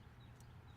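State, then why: Seated. A newly crimped metal terminal pin is pushed into the left insert at the back of the plastic wiring plug for a 2015–2020 Ford F-150 Switchback tow mirror's running lights. A short, faint click at 0.4 s rises above steady low background noise, and the pin is confirmed fully seated.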